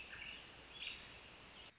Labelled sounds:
American Robin

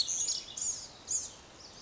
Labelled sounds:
Blue-gray Gnatcatcher

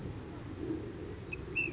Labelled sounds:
Ash-throated Flycatcher

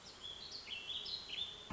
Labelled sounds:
Warbling Vireo

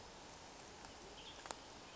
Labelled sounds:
Western Tanager

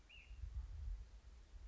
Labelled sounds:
Ash-throated Flycatcher

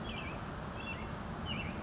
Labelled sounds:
American Robin

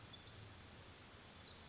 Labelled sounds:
Pacific Wren

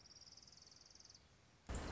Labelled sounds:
Orange-crowned Warbler

